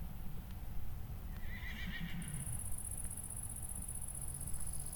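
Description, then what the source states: Horse neigh, a short harmonic whinny, followed by a steady high cricket trill over low rumbling background noise. Recorded in a meadow, with crickets.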